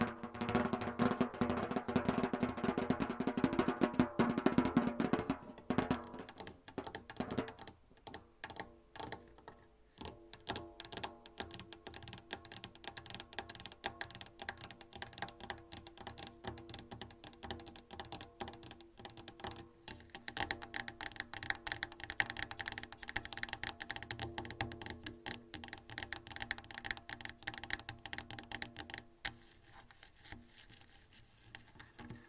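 Long nails scratch and tap in quick, dense bursts, fuller and steadier for the first six seconds, then sparser, crisp clicking continues throughout.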